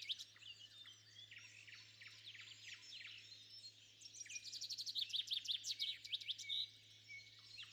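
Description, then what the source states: Birds calling in a dense chorus of high chirps and trills, with a rapid stuttering burst building after four seconds, over a steady low hum. Bird calls recorded at sunrise.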